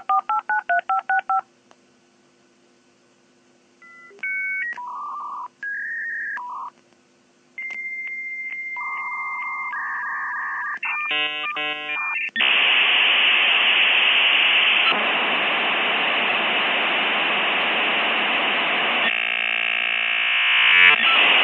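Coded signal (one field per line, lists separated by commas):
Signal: dial-up modem handshake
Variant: 56k modem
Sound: quick dial tones, steady answer tone, warbling chirps, then loud broadband hiss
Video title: Frisk is a 56k modem (Coloured)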